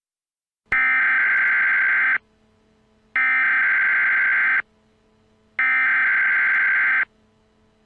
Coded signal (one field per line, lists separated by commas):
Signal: Emergency Alert System (SAME) tones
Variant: header bursts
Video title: Eas Scenario: The Void (interactive)